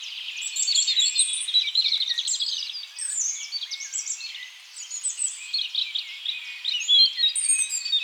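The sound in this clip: European robin song, dense and high-pitched, with sweet trilling and twittering phrases running almost without a break throughout.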